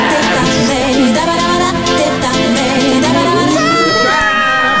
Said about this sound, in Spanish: Todos en el bus le gritan: